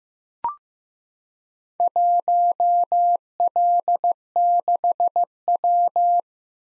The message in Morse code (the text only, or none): 1L6W